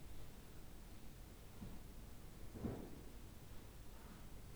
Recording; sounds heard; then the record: poultry house recording; no chicken sound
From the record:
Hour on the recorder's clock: 15